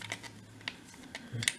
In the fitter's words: Tout est bien clipsé.